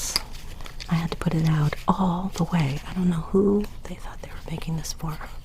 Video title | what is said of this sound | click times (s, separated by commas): ASMR Garden Stuff Show and Tell and GARDEN TOUR finally! | Snap the buckles. | 0.2 s